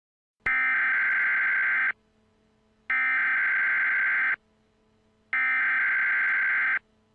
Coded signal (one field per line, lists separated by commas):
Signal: Emergency Alert System (SAME) tones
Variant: header bursts